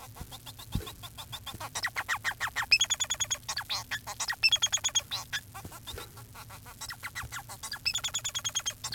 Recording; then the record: song of a male Bengalese finch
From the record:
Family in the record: son of father 4